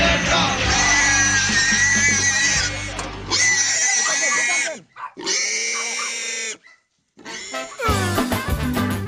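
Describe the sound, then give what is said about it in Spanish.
Pigs raised for commercial sale squeal loudly in several long, shrill, high-pitched bursts separated by brief pauses, with low grunting oinks mixed in at the start and end. “Fiel a nuestra política de diversificación y aprovechando la experiencia obtenida en la producción de pollos, en 1984 iniciamos la crianza y comercialización de cerdos, los que hoy son distribuidos bajo la marca Super Cerdo.”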